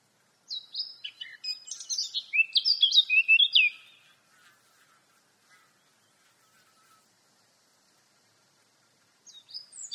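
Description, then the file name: Eurasian blackcap song: a busy warbled phrase of chattering and whistled notes for about three seconds, then a long quiet gap before a new phrase begins. "Sylvia atricapilla"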